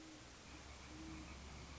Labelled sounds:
Great Horned Owl (Bubo virginianus)
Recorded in Sonoma County, California

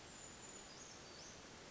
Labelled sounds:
Brown Creeper (Certhia americana)
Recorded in Sonoma County, California

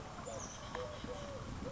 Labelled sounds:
Eurasian Collared Dove (Streptopelia decaocto)
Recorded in Sonoma County, California

